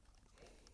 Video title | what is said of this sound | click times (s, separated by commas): McMahon Production Toolbox-Sony FS 5 Demo | pushing down you hear that click | 0.7 s